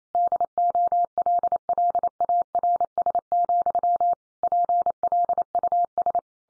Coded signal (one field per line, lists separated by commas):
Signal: Morse code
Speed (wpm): 28 wpm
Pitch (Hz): 700 Hz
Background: none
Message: DOLLARS, PLUS